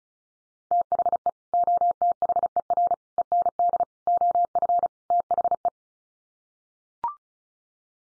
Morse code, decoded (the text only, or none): THE OTHER END OF THE